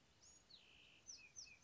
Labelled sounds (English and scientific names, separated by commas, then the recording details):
Cassin's Vireo (Vireo cassinii)
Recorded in Sonoma County, California